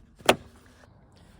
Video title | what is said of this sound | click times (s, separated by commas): How To Top Up Screen Wash on a Renault Laguna 3 2007-2015 | Until you hear the click. | 0.3 s